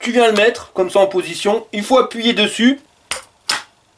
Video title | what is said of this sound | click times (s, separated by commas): Trottinette pas cher qui arrache du slip(GTXR X5 HVD) | et ça s'enclenche. | 3.1 s, 3.5 s